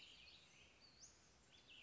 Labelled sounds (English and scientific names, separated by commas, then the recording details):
Western Flycatcher (Empidonax difficilis)
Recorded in Sonoma County, California